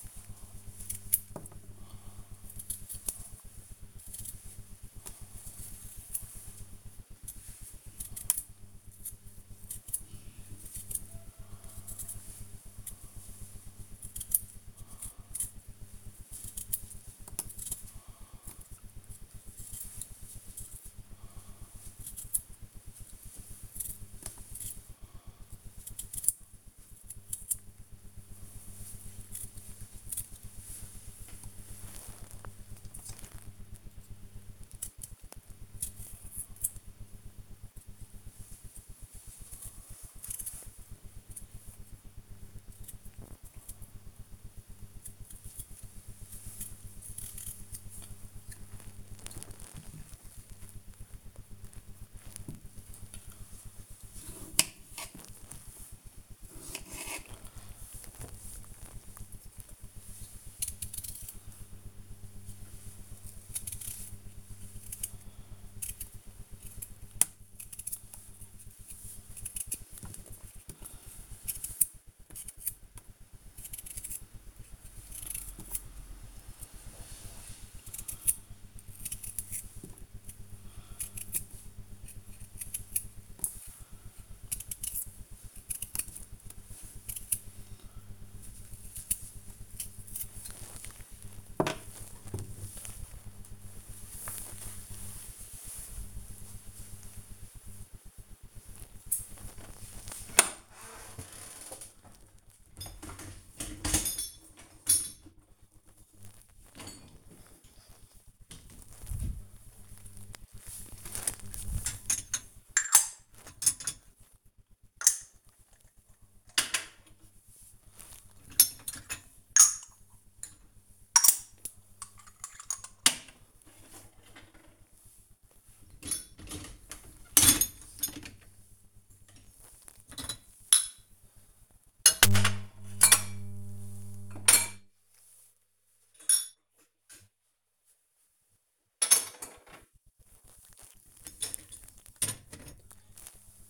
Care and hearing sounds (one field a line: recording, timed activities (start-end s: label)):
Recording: household activities, microphone on the right wrist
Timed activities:
0.00-91.41 s: cutting vegetables
100.47-143.70 s: cleaning out the dishwasher